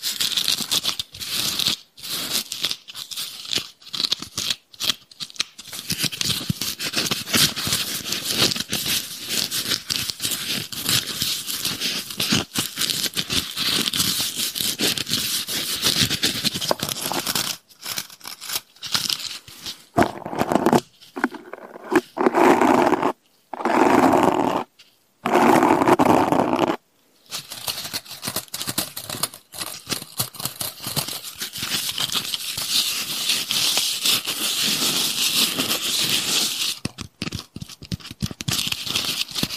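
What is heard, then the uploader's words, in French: Tapping and scratching on Christmas decorations, a dense, crackly, bright rasp with brief gaps, turning into fuller, louder scrapes around twenty to twenty-seven seconds. ASMR - Tapping et scratching sur mes décorations de Noël. Ce soir, j'ai décroché quelques décorations de mon sapin de Noël pour te faire profiter de leurs sons agréables ! Au programme, du tapping et du scratching plus ou moins intense.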